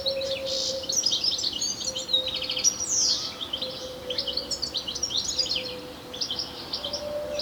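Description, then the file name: European Goldfinch calls, a busy stream of bright, liquid twittering notes and quick downslurred chips, over a faint continuous low tone. "Carduelis carduelis"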